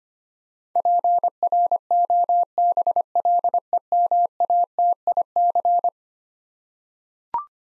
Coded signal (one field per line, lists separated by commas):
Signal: Morse code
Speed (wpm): 25 wpm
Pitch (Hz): 700 Hz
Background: none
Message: PROBLEMATIC